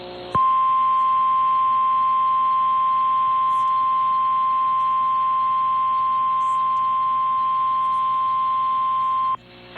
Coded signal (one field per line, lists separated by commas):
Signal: Emergency Alert System (SAME) tones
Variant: 1050 Hz attention tone